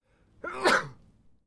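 One sneeze: a short voiced intake builds into a sharp, hissing expulsive burst that fades within about half a second. A single ordinary adult sneeze, a sound effect.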